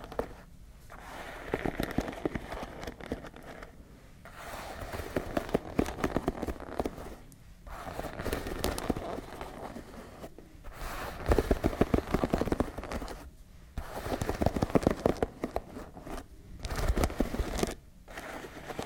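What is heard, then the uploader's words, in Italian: Fingernails scratch and pick at a crocheted bag, making dense bursts of crisp, rapid ticking and rasping. The scratching comes in stretches of a few seconds, broken by brief silent pauses roughly every two to three seconds, with occasional louder clicks. Delle unghie fra una borsa fatta all'uncinetto.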